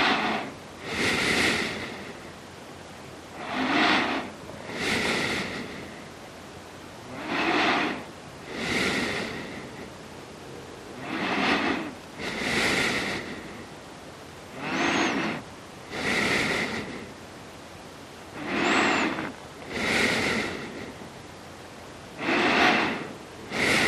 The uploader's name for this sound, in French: Respiration (bruit blanc)